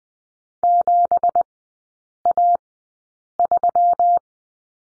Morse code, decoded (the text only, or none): 7A3